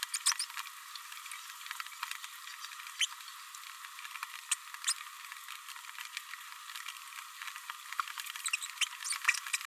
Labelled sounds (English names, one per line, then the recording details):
Green-rumped Parrotlet babbling
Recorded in a nest box in Venezuela
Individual 18B104A3